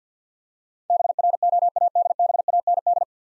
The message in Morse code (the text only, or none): BROADBAND